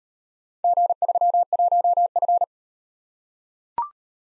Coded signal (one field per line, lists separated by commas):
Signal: Morse code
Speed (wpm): 38 wpm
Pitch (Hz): 700 Hz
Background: none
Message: G31F